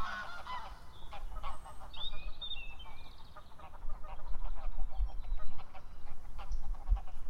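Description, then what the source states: Goose: geese honking, a quick burst of harsh, harmonic calls at the start, then fainter honks repeated throughout, with a thin whistled bird call and heavy low wind rumble. Felmersham.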